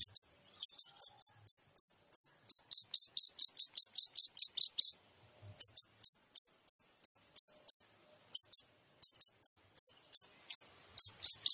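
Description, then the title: Shrike-type song of sharp high repeated chip notes delivered in fast runs, with brief pauses between phrases. Used as masteran training material for other shrikes; described as full of tembakan (rapid shot-like phrases). "MASTERAN CENDET FULL TEMBAKAN"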